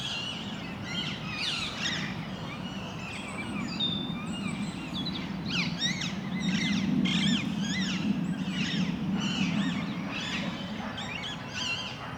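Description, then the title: Parakeets screeching in a busy flock, rapid harsh calls several each second with rising and falling shrieks, over a steady low rumble. Parakeets in Parc Duden, Forest, Brussels, Belgium, just before nightfall; recorded with a handheld recorder's internal XY microphones. "Parc Duden, Forest, Bruxelles-Capitale, Belgique - Parakeets - Perruches"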